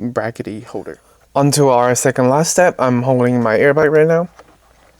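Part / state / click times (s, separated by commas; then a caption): airbag wiring connector into steering wheel airbag module / not seated / none. Someone talks while holding a BMW G20 steering wheel airbag module with its airbag wiring connector, before the connector's locking clip is pushed back into place. Speech fills the clip with brief quiet gaps. Nothing has seated or clicked yet.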